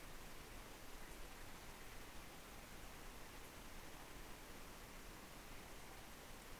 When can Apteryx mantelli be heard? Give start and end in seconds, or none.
none